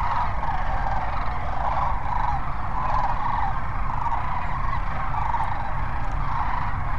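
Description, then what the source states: Sandhill crane chorus, a continuous wash of overlapping rattling bugles with a few clearer trills breaking through, under a constant low-pitched rumble. Sandhill cranes at Cochise Lakes on 30 January 2019.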